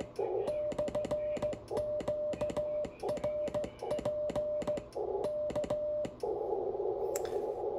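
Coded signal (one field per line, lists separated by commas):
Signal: Morse code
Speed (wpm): 16 wpm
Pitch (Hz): 600 Hz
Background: none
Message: /QRP K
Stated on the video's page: Calling CQ SKCC on 40m QRP at 5 W with an IC7300, Kent straight key and Windom antenna at 25 feet; no replies.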